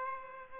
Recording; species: mosquito wingbeat signal from an infrared sensor; Aedes aegypti